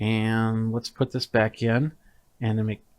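A rubber ear tip is being handled to go back onto an earbud nozzle, with the rubber needing to get over a bump. Someone talks throughout, and nothing has seated or clicked yet.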